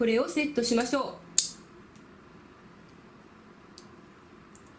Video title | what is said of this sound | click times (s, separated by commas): ミシンの下糸が出てこない・ゆるい・切れる等のお悩みが全て解決する動画！ | カチッと言いましたねそして回っている方向も間違ってないことを確かめたらセットしましょう | 1.4 s